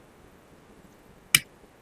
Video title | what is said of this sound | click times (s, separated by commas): 🤩🤩 One Lakh KM Detailed Service - ഇങ്ങനെയൊക്കെയാണ് വണ്ടി service ചെയ്യുന്നത് - | ഉള്ളൂ ആ ഒരു സൗണ്ട് ലോക്ക് ആയി അപ്പൊ | 1.3 s